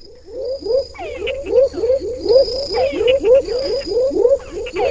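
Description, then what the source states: Tungara frog: deep upward-sweeping whine notes repeating rapidly, with higher trilling calls of another frog species. Recorded in a marsh in Panama; two frog species calling, the deep call being the Tungara frog's, alongside little trilly sounds from the other species.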